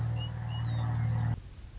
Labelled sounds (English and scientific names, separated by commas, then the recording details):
Western Meadowlark (Sturnella neglecta)
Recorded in Sonoma County, California